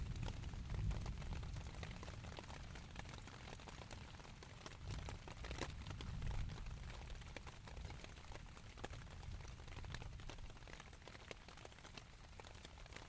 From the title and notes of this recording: Rain on tent, Thunder with reverb valley nearby - Binaural field recording, 11 2011, N-W Florida. This is a binaural audio recording.